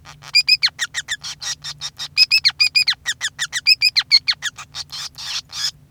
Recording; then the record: song of a male Bengalese finch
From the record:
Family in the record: son of father 5